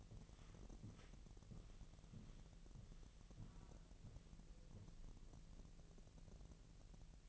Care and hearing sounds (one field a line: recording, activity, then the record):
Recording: daily activity, microphone in the room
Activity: walk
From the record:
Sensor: 4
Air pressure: 1002.9 hPa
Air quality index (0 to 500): 250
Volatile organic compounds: 28 ppm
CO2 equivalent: 2904 ppm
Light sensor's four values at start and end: 8/17/7/7 and 8/17/7/7